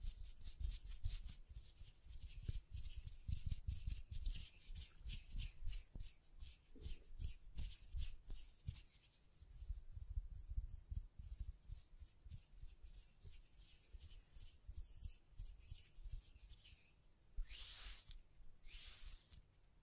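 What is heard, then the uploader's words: Dry scratching and brushing against a microphone, with rapid rubbing strokes and occasional taps in a dense, irregular stream. Low thumps mix with bright hissy scrapes throughout. Near the end the strokes slow into a few long, airy brushes. ASMR Blue Yeti Mic Test Tapping, Scratching, Mic Brushing, Hand Sounds etc (No Talking).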